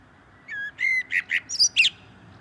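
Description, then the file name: Common blackbird phrase opening with soft fluted whistles and ending in a quick run of high, squeaky chirps. "Turdus merula"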